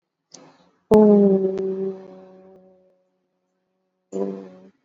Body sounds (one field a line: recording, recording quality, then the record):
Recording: sustained vowel as in boot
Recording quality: excellent, no background noise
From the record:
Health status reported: exposed to COVID-19, no respiratory illness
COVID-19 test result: not tested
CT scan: not taken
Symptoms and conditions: cough, cold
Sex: female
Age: 18 years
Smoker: yes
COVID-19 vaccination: both doses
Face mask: worn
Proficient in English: yes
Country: India